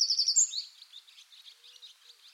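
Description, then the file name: Eurasian wren song: a brief loud, rapid high trill in the first half second, followed by faint scattered chirps. "Troglodytes troglodytes"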